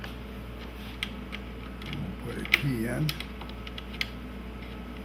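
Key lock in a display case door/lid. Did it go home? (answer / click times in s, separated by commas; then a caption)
yes / 4.0 s. Someone talks as a key is put into the lock of a homemade display case's door or lid and turned, with a few small ticks and rattling sounds along the way. The lock mechanism gives a sharp click into the locked position at 4.0 s, and the case is locked.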